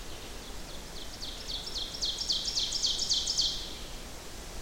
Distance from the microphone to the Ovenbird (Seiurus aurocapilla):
about 50 m